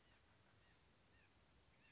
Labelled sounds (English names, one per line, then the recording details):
White-breasted Nuthatch
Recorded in Sonoma County, California